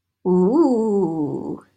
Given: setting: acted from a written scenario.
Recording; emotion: vocal sound without words; desire